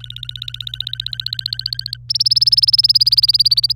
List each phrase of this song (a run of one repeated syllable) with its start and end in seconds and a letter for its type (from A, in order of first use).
0.00-1.97 A, 2.09-3.73 B